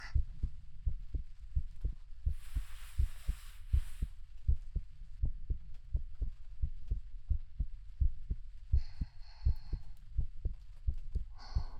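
Steady, soft, low thumping heartbeat at about 83 beats a minute, with an even rhythm throughout. Brief bursts of rustling or hissing noise occur at about 2–4 seconds and again near 9 and 11 seconds.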